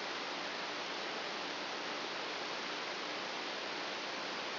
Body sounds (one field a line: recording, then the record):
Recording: brain microelectrode recording played as sound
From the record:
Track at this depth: inside the subthalamic nucleus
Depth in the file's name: 2.205 mm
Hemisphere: right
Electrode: 2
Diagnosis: Parkinson's disease